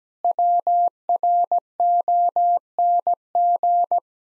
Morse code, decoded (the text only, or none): WRONG